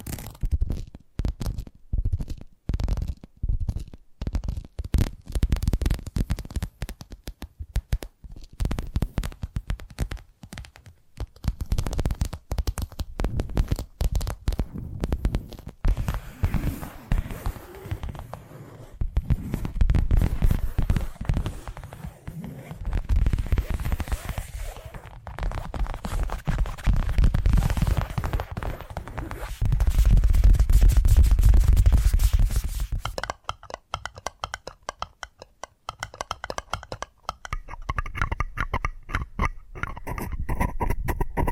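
Addictive tapping triggers: quick, dense taps and scratchy rubbing run throughout, mostly low and thumping with crisp clicky tops. The pace shifts between rapid bursts and swelling runs, loudest around the middle, and near 33 seconds the sound turns finer and buzzier.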